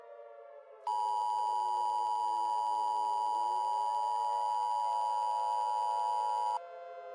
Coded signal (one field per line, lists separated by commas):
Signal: Emergency Alert System (SAME) tones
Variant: 853 and 960 Hz attention tone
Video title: EAS Mock 16: Cocked Pistol